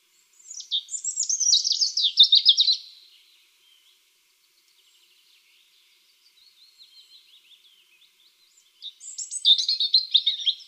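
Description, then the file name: European robin giving two bright, rapid twittering phrases separated by a pause filled with very quiet, thin warbling notes. "Erithacus rubecula"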